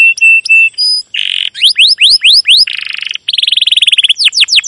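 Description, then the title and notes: Domestic canary song mixing clear whistled notes, buzzy rattles and repeated upward-sweeping chirps, with a fast trill near the end. Domestic canary with long, energetic chirping song, used as a lure recording to train and tutor young canaries learning song. "CUIT CUIT NGEROL LANGSUNG GACOR PANJANG Kenari Ini AMPUH Utk Pancingan KENAR. PANCINGAN Kenari GACOR PANJANG Cuit CUIT EMOSI ini AMPUH utk MASTERAN Kenari PAUD belajar BUNYI. burung kenari"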